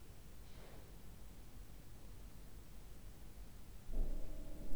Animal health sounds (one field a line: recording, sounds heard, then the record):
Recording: poultry house recording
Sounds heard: no chicken sound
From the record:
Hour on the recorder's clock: 20